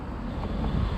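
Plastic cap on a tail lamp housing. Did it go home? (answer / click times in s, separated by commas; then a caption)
no / none. A plastic cap is pressed onto the housing of a black YITAMOTOR tail lamp for a 1999–2006 Chevy Silverado / 1999–2002 GMC Sierra. Only steady low rumbling noise is heard, with one faint brief tap near 0.4 s. Nothing has clicked; the cap goes on easier but still does not clip on well.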